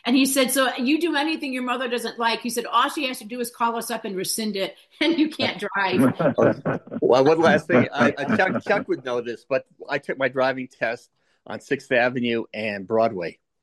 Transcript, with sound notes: And he said, "So you do anything your mother doesn't like," he said, "all she has to do is call us up and rescind it, and you can't drive."
(laughs)
One, one last thing. Uh, uh, Chuck, Chuck would know this, but I took my driving test on 6th Avenue and Broadway.